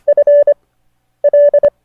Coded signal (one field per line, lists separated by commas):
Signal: Morse code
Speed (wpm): 25 wpm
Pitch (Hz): 580 Hz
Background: none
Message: F L